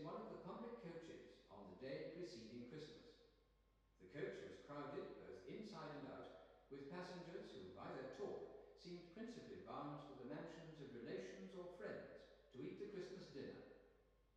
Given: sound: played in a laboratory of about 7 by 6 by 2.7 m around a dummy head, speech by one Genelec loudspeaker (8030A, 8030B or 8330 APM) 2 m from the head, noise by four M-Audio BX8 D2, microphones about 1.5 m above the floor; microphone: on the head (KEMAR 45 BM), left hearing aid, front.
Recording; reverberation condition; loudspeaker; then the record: male speech in English; high; 120 degrees to the right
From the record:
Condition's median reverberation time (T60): about 1300 ms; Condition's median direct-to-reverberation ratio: about -4.0 dB